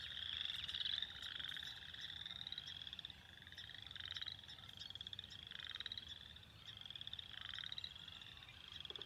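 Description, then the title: Spring peepers: a chorus of high, rising peeps overlapping in waves, with a low background rumble beneath. Recorded on 6 April 2021. "2021-04-06-Spring-Peepers"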